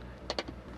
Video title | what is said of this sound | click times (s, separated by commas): 2020 MG Gloster Hindi Review - सभी कमियाँ और ख़ूबियाँ | You can hear the clicking sound | 0.3 s, 0.4 s